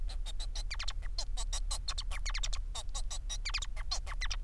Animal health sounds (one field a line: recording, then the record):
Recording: song of a male Bengalese finch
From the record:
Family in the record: son of father 4